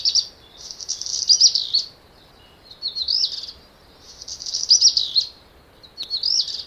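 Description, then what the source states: Black Redstart song: four bursts of high warbled and crackling notes separated by short gaps. Arrives in April and spends the winter in Africa.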